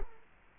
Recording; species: mosquito wingbeat signal from an infrared sensor; Culex quinquefasciatus